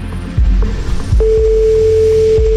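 A single steady, mid-pitched telephone busy tone from calling a mobile phone holds for just over a second over a low rumbling background. No one speaks.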